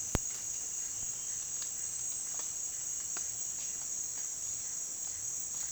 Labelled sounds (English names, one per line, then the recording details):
none
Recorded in dense forest near Puerto Asís, Putumayo, Colombia, on 19 June 2025 at 10:30
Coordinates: 0.466, -76.327
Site GP04